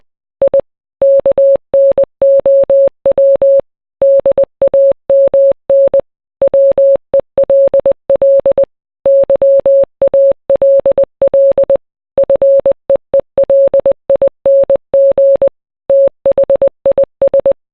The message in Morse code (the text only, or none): I KNOW DAMN WELL YALL FEELING THIS